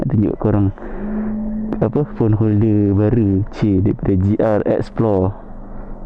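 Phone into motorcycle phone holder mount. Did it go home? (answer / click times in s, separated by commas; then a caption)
no / none. A phone is being fitted into a new magnetic phone holder mounted on the handlebar of a Honda ADV 350 motorcycle, while someone talks over a steady low hum. Nothing has seated or clicked into the holder yet.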